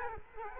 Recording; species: mosquito wingbeat signal from an infrared sensor; Culex quinquefasciatus